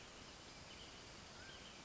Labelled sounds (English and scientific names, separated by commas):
Mountain Quail (Oreortyx pictus)